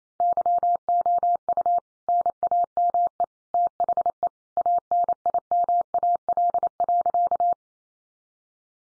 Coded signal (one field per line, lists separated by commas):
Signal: Morse code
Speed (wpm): 28 wpm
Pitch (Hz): 700 Hz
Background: none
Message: YOU NAME THE ANIMAL.